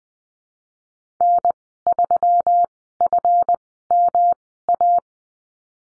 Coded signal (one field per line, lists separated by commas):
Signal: Morse code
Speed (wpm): 20 wpm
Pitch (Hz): 700 Hz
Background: none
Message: N3FMA